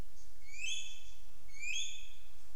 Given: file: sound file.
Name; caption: goshawk-mimicry; An example of the female Albert's lyrebird at Goomburra mimicking the call of a grey goshawk (Tachyspiza novaehollandiae).